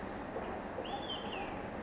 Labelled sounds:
Olive-sided Flycatcher

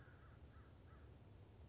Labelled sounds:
American Crow

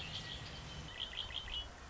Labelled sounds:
Red-winged Blackbird

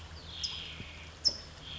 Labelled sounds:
California Towhee

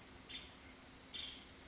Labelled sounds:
Nuttall's Woodpecker

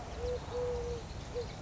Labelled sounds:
Eurasian Collared Dove

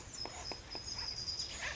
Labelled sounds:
Acorn Woodpecker

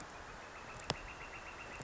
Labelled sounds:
Northern Flicker

